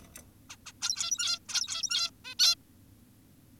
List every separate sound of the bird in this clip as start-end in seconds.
0.50-0.56, 0.66-0.72, 0.82-1.39, 1.49-2.11, 2.25-2.35, 2.39-2.55